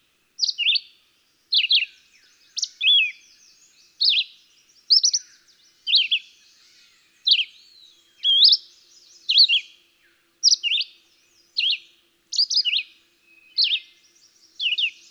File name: Red-eyed Vireo